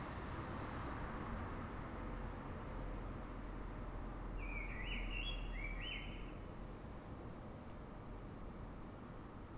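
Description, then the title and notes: Common blackbird giving a single warbled phrase, partly masked by loud, steady traffic roar. Urban blackbird singing in Fuenlabrada, Madrid, Spain; city blackbirds sing before dawn so other blackbirds hear them before human noise begins; called a reclamo; recorded with Zoom H1n. "Pl. de Francisco Escolar, 10, 28944 Fuenlabrada, Madrid, España - Sonido Reclamo de Mirlo. Mirlo cantando, es un sonido de reclamo"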